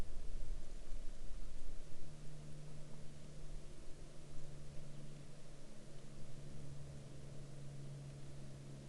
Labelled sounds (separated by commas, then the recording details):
water, aircraft
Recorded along the Dalton Highway, Alaska, on 9 April 2019 at 10:28
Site 03